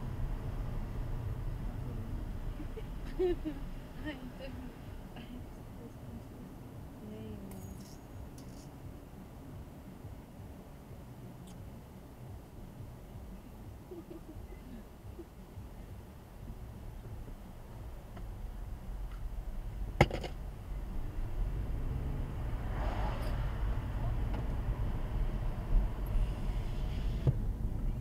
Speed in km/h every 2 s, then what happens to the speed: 15, 8, 2, 2, 0, 0, 0, 0, 0, 0, 2, 19, 16, 23.
0-4 slows to 2. 4-20 standing. 20-28 pulls away to 23.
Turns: none.